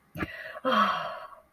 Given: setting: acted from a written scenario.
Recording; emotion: vocal sound without words; relief